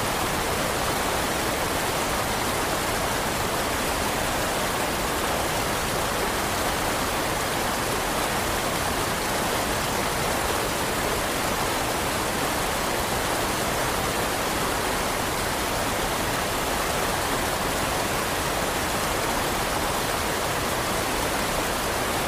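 A winter river rushes in a steady, dense roar, close and full from low rumble to bright hiss, unchanging throughout with no distinct events.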